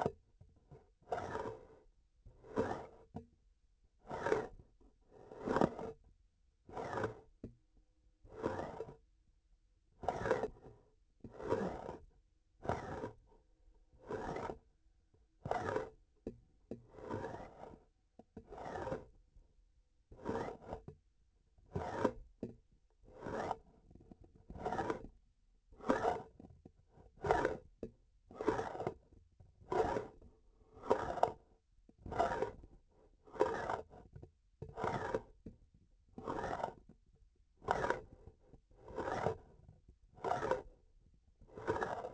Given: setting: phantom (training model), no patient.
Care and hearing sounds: laparoscopic instrument, vibration sensor on the handle end; grasping forceps; approaching and retracting movements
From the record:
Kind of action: spatial motion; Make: Olympus

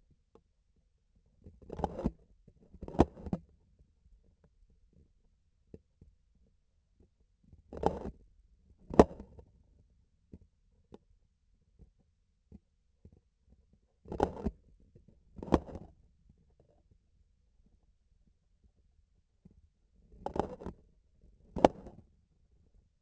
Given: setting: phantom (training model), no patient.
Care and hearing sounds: laparoscopic instrument, vibration sensor on the handle end; grasping forceps; opening and closing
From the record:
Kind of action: tool actuation without material contact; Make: other than Olympus

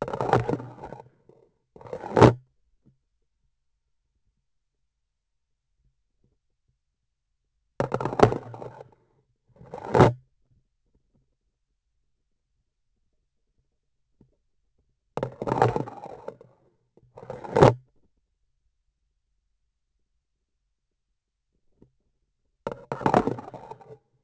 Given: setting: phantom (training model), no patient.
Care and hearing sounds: laparoscopic instrument, vibration sensor on the handle end; grasping forceps; insertion and removal through the trocar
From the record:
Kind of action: spatial motion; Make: other than Olympus

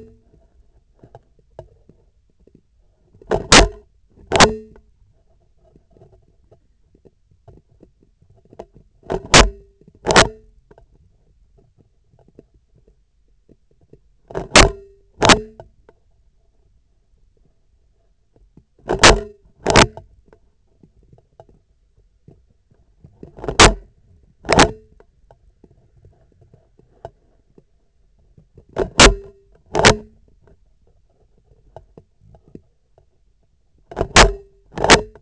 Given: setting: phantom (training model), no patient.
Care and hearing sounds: laparoscopic instrument, vibration sensor on the handle end; scissors; opening and closing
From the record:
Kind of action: tool actuation without material contact

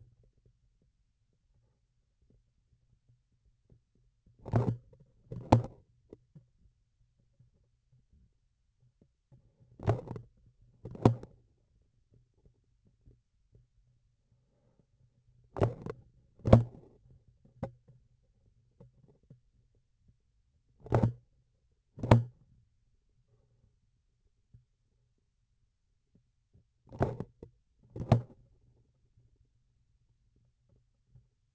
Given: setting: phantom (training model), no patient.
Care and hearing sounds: laparoscopic instrument, vibration sensor on the handle end; grasping forceps; opening and closing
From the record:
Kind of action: tool actuation without material contact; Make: other than Olympus

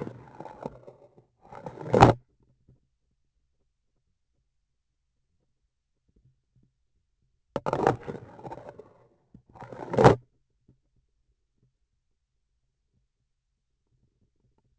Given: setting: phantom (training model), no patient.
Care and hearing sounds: laparoscopic instrument, vibration sensor on the handle end; grasping forceps; insertion and removal through the trocar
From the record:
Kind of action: spatial motion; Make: other than Olympus

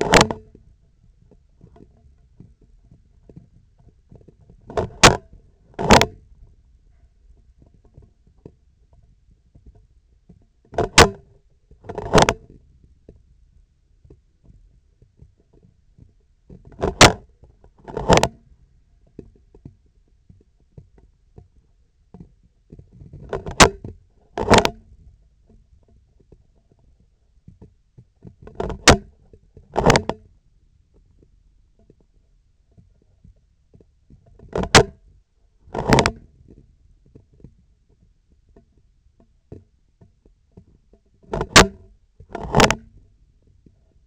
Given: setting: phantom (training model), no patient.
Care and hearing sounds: laparoscopic instrument, vibration sensor on the handle end; scissors; opening and closing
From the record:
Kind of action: tool actuation without material contact

